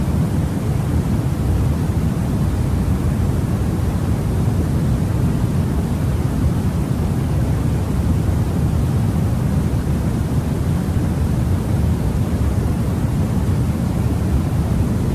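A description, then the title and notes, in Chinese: Continuous white noise runs without a break for the whole fifteen seconds, holding at an even level. The hiss is weighted toward the low end, giving a deep, rumbling rush with only a soft top and no separate events. 一個小時不中斷的白噪音。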